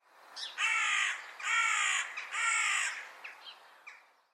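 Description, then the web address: Bird giving three long, harsh, drawn-out caws, each about half a second to a second long, followed by a few fainter short calls. "Bird Only"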